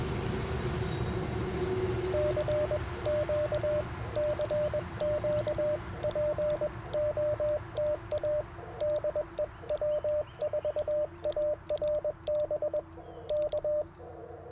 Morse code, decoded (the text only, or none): CQ CQ POTA DE W4ARB K